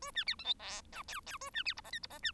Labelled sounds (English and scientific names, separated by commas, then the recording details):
Bengalese Finch (Lonchura striata domestica) song
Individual Bird1